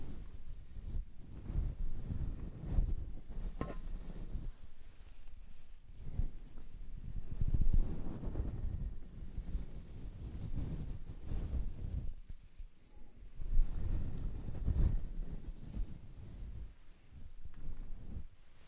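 A wind muff is rubbed and stroked against a microphone, producing continuous low, rumbling scrapes that swell and fade irregularly, with brief sharper peaks.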